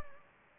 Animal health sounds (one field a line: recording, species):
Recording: mosquito wingbeat signal from an infrared sensor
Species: Anopheles gambiae